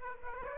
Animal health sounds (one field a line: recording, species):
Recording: mosquito wingbeat signal from an infrared sensor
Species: Aedes aegypti